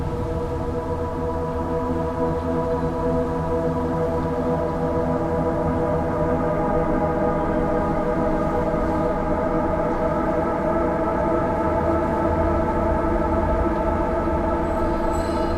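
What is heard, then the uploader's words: A field recording from Saint Petersburg: a steady, unchanging mechanical drone with layered low hums and tones, like an idling train or engine. Winter in Saint Petersburg presents a sound art work with field recordings collected in Saint Petersburg.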